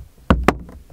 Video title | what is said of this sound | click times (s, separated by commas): ProLightz 15 - 17 WRX & STI LED Kit | and then we push this up and just clicks into place | 0.3 s, 0.5 s